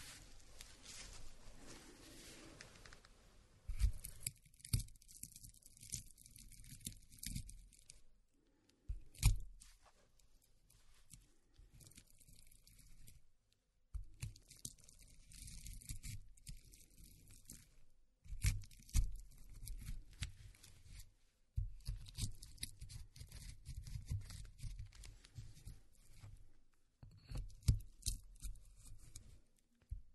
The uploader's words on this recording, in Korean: 호두를 직접 갈아보겠습니다. 손으로 직접 갈아먹는 호두.